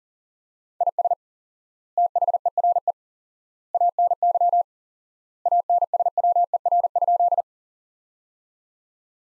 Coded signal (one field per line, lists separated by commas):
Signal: Morse code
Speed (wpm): 40 wpm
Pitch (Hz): 700 Hz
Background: none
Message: IS THERE ANY ANSWER?